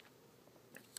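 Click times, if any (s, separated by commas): none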